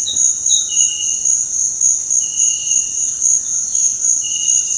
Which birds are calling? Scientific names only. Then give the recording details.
none. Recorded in dense forest near Puerto Asís, Putumayo, Colombia, on 20 February 2024 at 06:30. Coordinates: 0.472, -76.329. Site G6394